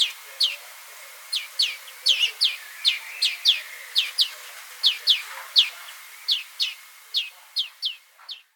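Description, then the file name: European greenfinch calls: short, high chirps sweeping downward, given in a fairly steady series with a few quick doubled notes. "Chloris chloris"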